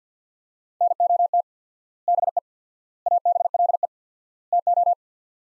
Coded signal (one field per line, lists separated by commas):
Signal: Morse code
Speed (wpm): 50 wpm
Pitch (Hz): 700 Hz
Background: none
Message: NOT BE ABLE TO